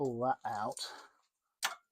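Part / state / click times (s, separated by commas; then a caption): engine bay retaining part into its mount / seated / 1.7 s. During engine removal on a Maserati 4200, an engine bay retaining part that was pulled out is refitted into its mount. Someone talks, then a single short tick is heard at 1.7 s as the part locks into place.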